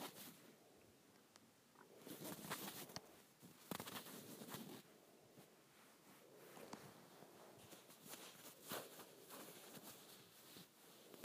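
Fingernails scratch across shirt fabric in bursts of dry, rasping strokes. The busiest, loudest patch falls around two to five seconds, then the scratching continues more lightly and unevenly, with a few sharper scrapes standing out near seven and nine seconds.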